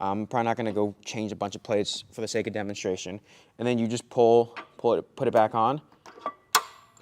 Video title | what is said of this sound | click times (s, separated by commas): Go Exxentric Kbox4 and Kpulley Product Review/Overview | and then make sure it clicks in and then make sure you it doesn't like slide off when you pull | 6.6 s